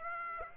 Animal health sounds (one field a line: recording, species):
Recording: mosquito wingbeat signal from an infrared sensor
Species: Aedes aegypti